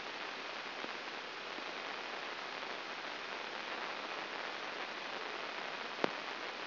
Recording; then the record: brain microelectrode recording played as sound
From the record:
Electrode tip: inside the subthalamic nucleus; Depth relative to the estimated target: 0 mm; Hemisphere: right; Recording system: AlphaMap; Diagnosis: Parkinson's disease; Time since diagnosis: 19 years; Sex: male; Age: 59 years